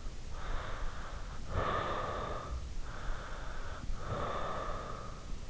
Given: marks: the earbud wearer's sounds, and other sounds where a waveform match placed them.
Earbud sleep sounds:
sounds in sleep by an in-ear microphone; breath
0.21-2.94 s: breath
3.05-5.50 s: breath

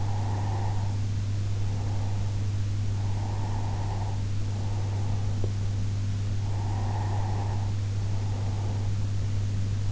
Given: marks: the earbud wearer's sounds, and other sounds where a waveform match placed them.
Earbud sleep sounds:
sounds in sleep by an in-ear microphone; breath
0.00-2.84 s: breath
3.17-5.79 s: breath
6.47-9.21 s: breath

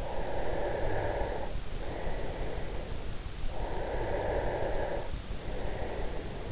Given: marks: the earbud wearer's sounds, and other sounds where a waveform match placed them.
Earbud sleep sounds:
sounds in sleep by an in-ear microphone; breath
0.03-3.05 s: breath
3.57-6.52 s: breath

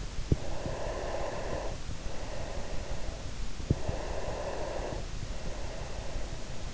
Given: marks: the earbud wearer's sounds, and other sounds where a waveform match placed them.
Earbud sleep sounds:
sounds in sleep by an in-ear microphone; breath
0.51-3.43 s: breath
3.89-6.74 s: breath

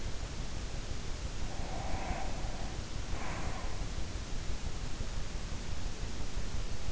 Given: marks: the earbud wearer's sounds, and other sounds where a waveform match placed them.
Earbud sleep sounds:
sounds in sleep by an in-ear microphone; breath
1.27-4.16 s: breath

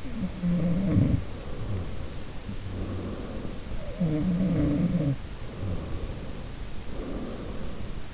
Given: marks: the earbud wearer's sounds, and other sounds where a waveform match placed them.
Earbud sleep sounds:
sounds in sleep by an in-ear microphone; breath
0.00-8.14 s: sound from someone else or the room
1.00-4.12 s: breath
5.38-8.14 s: breath

